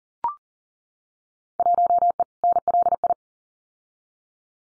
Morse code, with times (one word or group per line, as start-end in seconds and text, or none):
1.6-2.2 1E
2.4-3.1 NLI